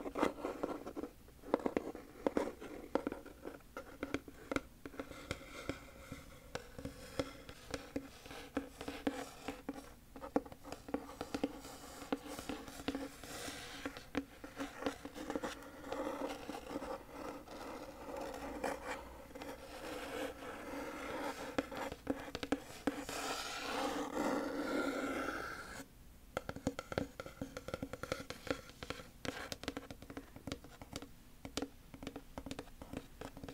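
Wooden and cork triggers tapped and scratched in quick, uneven bursts of crisp clicks, with a smoother scraping stretch around twenty-three to twenty-six seconds.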